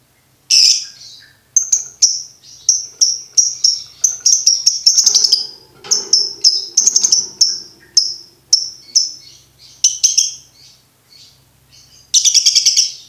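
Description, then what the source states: Lovebird chattering song: a long run of many shrill chirps with brief pauses, ending in a dense burst of chatter. Tutor recording played to birds to teach them the ngekek song style.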